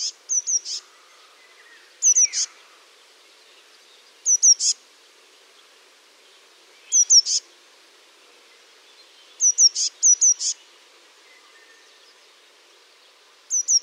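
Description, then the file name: Eurasian blue tit song: very high thin notes followed by a short buzzy trill, phrases repeated every two to three seconds. "MESANGE BLEUE"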